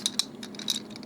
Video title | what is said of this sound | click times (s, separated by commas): MBAF Red Buster and Cheetah Nick Set Review (Tokumei Sentai Go-busters) | they will click in like that and there you basically have him transformed | 0.1 s, 0.2 s